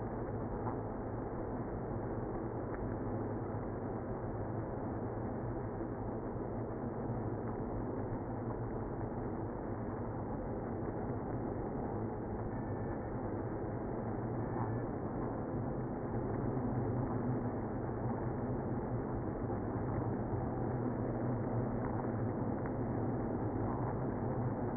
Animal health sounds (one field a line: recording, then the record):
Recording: honeybee colony, microphone inside the hive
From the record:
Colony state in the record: queenless (queen removed)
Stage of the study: after two queens were removed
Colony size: about 60,000 bees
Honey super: yes